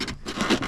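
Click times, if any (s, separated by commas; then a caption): none. Air filter clips are pressed into the filter housing on a riding mower engine, making brief scraping and rubbing sounds with a louder bump at about 0.4 s. The clip fails to catch, and nothing has clicked into place yet.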